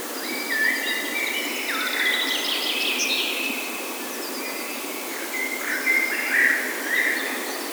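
Bird song of clear whistled notes and short warbled phrases over a constant broad hiss.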